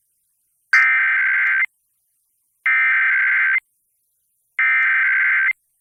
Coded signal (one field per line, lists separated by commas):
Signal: Emergency Alert System (SAME) tones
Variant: header bursts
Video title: Emergency Alert System Monthly Test November 2020 Recorded - SIX FM stations at once (plus bonus TV)